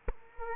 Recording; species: mosquito wingbeat signal from an infrared sensor; Culex quinquefasciatus